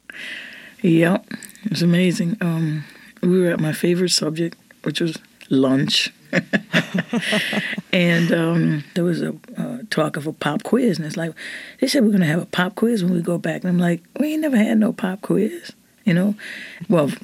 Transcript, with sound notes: Yep. It was amazing. We were at my favorite subject, which was lunch.
(LAUGHTER)
And there was a talk of a pop quiz, and it's like, they said we're going to have a pop quiz when we go back. And I'm like, we ain't never had no pop quiz, you know?